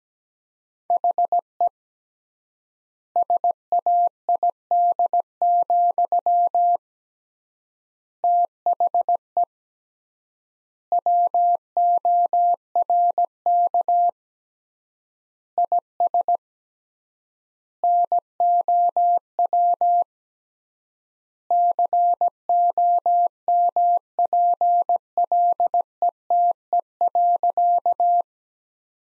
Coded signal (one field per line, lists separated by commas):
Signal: Morse code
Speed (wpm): 17 wpm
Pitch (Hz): 700 Hz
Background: none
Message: HE SAID, THE WORK IS NOW COMPLETE.